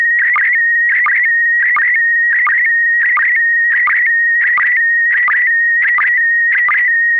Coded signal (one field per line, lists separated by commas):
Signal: SSTV (slow-scan television)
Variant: PD 90